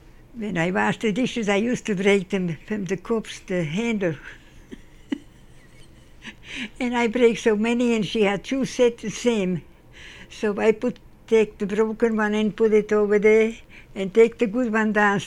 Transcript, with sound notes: when I wash the dishes I used to break them from the handle.. (Laughs) And I break so many and she had 2 sets the same so I put- take the broken one and put it over there and take the good one downstairs.